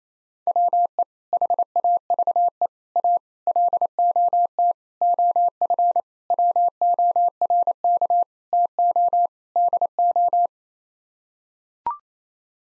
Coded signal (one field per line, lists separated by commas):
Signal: Morse code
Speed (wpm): 28 wpm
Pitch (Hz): 700 Hz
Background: none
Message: WE HAVE A LOT OF WORK TO DO